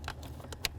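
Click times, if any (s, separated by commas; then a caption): 0.6 s. A plastic wiring harness connector is plugged back into its mating socket under the dash of a 1994-2004 Chevy S-10 while the under-dash shield is refitted during a parking brake ratchet cable replacement. A few faint ticks and rustles lead up to one sharp, bright click at 0.7 s, the loudest sound in the clip. The connector clicks in and is seated.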